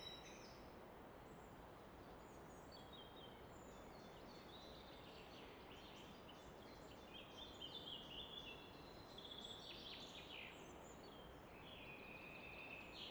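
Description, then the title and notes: Common nightingale song of varied high notes, fairly soft, continuing throughout over a broad rushing roar of flowing water. Evening in Fläsch, Switzerland; roar of the Rhine reflected off a rock face in the background; recorded with Fostex FR2 and MKH 800 microphone. "Fläsch, Schweiz - Abendstimmung Nachtigall. Im Hintergrund wird das Rauschen des Rheins von einer Felswand reflektiert"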